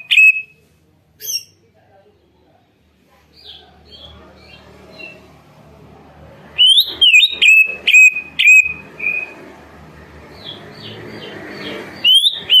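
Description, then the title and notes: Greater green leafbird song in bursts: sharp whistled notes at the start, a quiet stretch with faint rushing noise, then a loud series of clipped, rapid whistles and chips. Greater green leafbird in full song (gacor), used to prompt other birds to sing. "Masteran & Pancingan Cucak Ijo Gacor. Burung Cucak Ijo"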